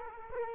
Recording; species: mosquito wingbeat signal from an infrared sensor; Culex quinquefasciatus